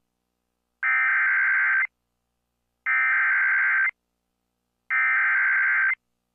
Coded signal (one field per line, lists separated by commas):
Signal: Emergency Alert System (SAME) tones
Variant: header bursts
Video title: Right Back To It | EAS Alerts from July 3rd, 2023 (EAS #2857-2864)